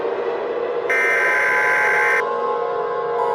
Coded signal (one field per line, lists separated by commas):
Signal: Emergency Alert System (SAME) tones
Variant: header bursts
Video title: FAIRBANKS (TORNADO EAS MOCK)